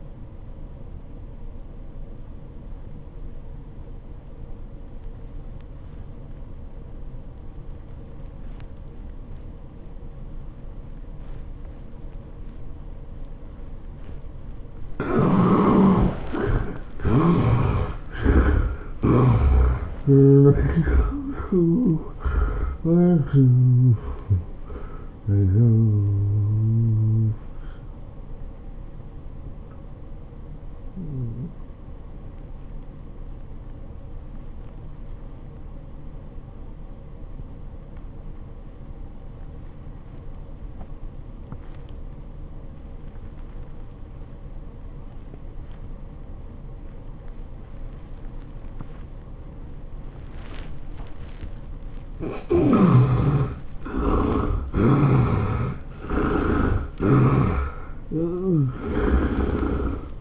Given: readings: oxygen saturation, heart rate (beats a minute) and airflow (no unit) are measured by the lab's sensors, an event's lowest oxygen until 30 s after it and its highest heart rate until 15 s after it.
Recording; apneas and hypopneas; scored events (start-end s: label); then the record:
breathing in sleep by a smartphone at the bedside; 2
3.00-16.00 s: obstructive apnea (N1, oxygen 91% highest, then 69% lowest, heart rate 79 at the start, 107 highest)
28.00-52.40 s: hypopnea (N1, oxygen 98% highest, then 73% lowest, heart rate 105 at the start, 105 highest)
37.00-60.21 s: new sleep stage, N2 (light sleep)
From the record:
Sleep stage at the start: N1 (lightest sleep); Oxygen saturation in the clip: 68 to 98%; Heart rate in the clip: 76 to 107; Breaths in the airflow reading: 10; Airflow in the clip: -14.0 to 13.5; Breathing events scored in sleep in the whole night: 403 in 5.5 hours asleep